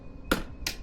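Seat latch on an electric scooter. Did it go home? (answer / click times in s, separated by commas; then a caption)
released / 0.3 s, 0.7 s. The seat latch on a Naxeon I AM PRO electric scooter is released using the seat lock option in the scooter's on-screen settings, to reach the main breaker under the seat for a power cycle. Two sharp clicks sound at 0.3 s and 0.7 s over a quiet background. The seat latch releases and the seat is freed.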